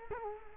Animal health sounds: mosquito wingbeat signal from an infrared sensor; Culex quinquefasciatus

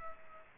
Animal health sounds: mosquito wingbeat signal from an infrared sensor; Aedes aegypti

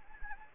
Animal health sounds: mosquito wingbeat signal from an infrared sensor; Anopheles gambiae

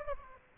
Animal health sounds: mosquito wingbeat signal from an infrared sensor; Aedes aegypti

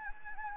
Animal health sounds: mosquito wingbeat signal from an infrared sensor; Anopheles gambiae

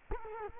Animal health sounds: mosquito wingbeat signal from an infrared sensor; Culex quinquefasciatus

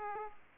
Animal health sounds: mosquito wingbeat signal from an infrared sensor; Aedes aegypti

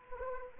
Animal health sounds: mosquito wingbeat signal from an infrared sensor; Anopheles arabiensis

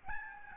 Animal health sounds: mosquito wingbeat signal from an infrared sensor; Aedes albopictus

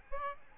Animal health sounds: mosquito wingbeat signal from an infrared sensor; Aedes albopictus

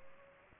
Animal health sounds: mosquito wingbeat signal from an infrared sensor; Culex pipiens

